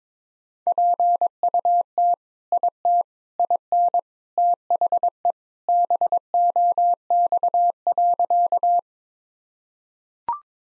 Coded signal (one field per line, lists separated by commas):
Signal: Morse code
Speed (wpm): 21 wpm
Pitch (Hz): 700 Hz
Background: none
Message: PUT IT IN THE BOX.